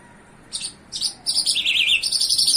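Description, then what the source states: Bimaculated lark song: faint opening chirps, then a busy run of high, rapid, scratchy notes and trills that continues to the end. Recorded in Iran.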